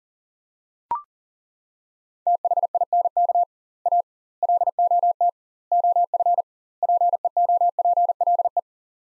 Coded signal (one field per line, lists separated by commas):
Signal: Morse code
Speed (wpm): 40 wpm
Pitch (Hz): 700 Hz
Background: none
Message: THINK A LOT OF PEOPLE